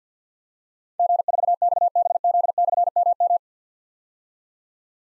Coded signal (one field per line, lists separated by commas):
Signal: Morse code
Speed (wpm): 53 wpm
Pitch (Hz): 700 Hz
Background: none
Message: G4XBZ/MM